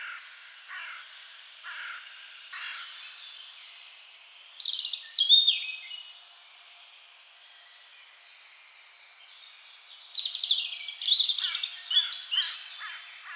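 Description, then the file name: Eurasian blackcap: a few hard clicking notes early on, then two bursts of high, rapid, jumbled warbling separated by quiet gaps. "Sylvia atricapilla"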